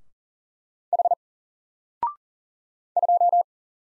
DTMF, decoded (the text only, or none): none